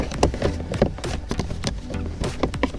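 The plastic cabin air filter access cover behind the glove box of a Kia or Hyundai is pushed back toward the filter housing after a new cabin air filter goes in, with music playing throughout. Soft handling knocks and scrapes come through, ending in a sharp hit right at the end of the clip. Nothing has seated or clicked yet.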